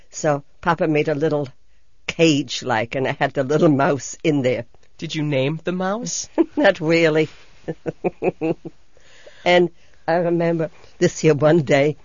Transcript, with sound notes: So Papa made a little cage, like, and I had the little mouse in there.
Did you name the mouse?
Not really. (she laughs) And I remember this here one day